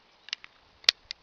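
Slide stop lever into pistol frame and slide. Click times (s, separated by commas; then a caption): 0.9 s. During reassembly of a cleared Star Model BM pistol, the slide stop lever is lifted slightly to clear, lined up with the slot and the little hole, and pushed into the frame and slide. A few light metallic ticks around 0.3 s and 0.4 s come before a sharp, loud snap at 0.9 s as the lever seats, followed by a softer tick near 1.1 s. The slide stop is seated in place.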